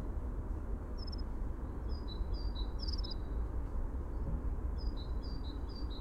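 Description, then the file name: Dunnock giving high, thin, even piping notes in a few small clusters separated by pauses, with a steady low rumble underneath. "Prunella modularis - Dunnock"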